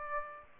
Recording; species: mosquito wingbeat signal from an infrared sensor; Aedes aegypti